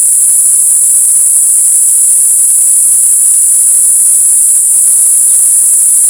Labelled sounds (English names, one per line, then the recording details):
none
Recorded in forest near Pivijay, Magdalena, Colombia, on 14 April 2023 at 17:00
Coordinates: 10.467, -74.380
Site Z5-G034